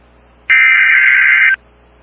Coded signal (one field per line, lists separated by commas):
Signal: Emergency Alert System (SAME) tones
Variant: header bursts